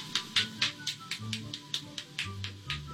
This Swedish man is cracking 46 joints in his body. Broke the Guinness World Record by consecutively cracking 46 joints in his body.